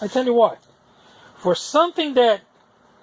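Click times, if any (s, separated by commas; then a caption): none. Someone talks in two short bursts, around 0.0–0.5 s and 1.4–2.4 s, with near silence between and after, while an aftermarket plastic middle fairing panel is being handled for fitting onto a motorcycle frame. Nothing has seated or clicked yet; the panel is not yet home.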